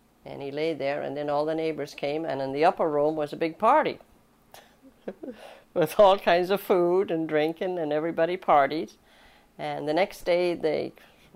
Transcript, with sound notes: And he laid there and then all the neighbors came and in the upper room was a big party. [Chuckles] With all kinds of food and drinking and everybody partied, and the next day the